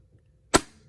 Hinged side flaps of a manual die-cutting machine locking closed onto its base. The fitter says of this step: All right, I'm done with this, so I'm going to close it. You're going to hear this snap